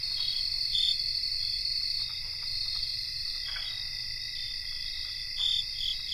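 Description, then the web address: Crickets trilling steadily in a shrill chorus, a few irregular sharper chirps rising above the continuous high hum. Cricket chorus recorded in North America. "Nature Songs N America Songs of Insects 77-Cricket chorus"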